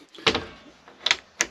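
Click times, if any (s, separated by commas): 1.4 s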